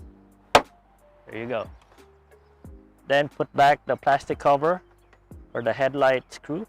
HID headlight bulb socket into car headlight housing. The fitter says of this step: don't worry it's not going to be breaking it's just a snap for locking it in place there